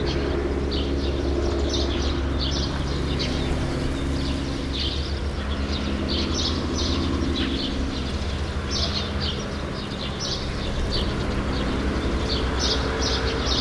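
True sparrows giving a busy stream of short chirps, bursts clustering now and then, against constant heavy low traffic rumble.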